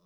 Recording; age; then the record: pig call; piglet (1 to 25 days)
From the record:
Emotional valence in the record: positive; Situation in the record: reunion after long isolation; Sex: male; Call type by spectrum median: low-frequency call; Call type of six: low-frequency tonal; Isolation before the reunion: 8 minutes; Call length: 0.06 s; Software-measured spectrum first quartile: 199 Hz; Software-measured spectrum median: 581 Hz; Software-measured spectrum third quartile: 2916 Hz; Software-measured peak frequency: 165 Hz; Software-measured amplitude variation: 16 dB a second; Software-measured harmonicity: 5.3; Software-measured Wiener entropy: -3.17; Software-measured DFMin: 808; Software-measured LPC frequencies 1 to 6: 1120, 2544, 3527, 5122, 5937, 7126 Hz